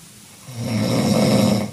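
After a half-second of quiet, a single loud snore from a sleeping adult man rises on an in-breath: a low, rough, buzzing, horn-like drone lasting just over a second, fading at the end. It is heavy snoring in a small room at night.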